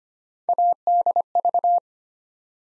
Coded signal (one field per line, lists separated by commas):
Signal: Morse code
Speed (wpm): 25 wpm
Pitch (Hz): 700 Hz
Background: none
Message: ADV